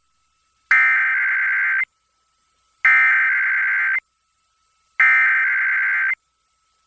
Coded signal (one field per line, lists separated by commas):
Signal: Emergency Alert System (SAME) tones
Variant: header bursts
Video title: [EAS #2384-#2386] Sunday & Early Monday RWTs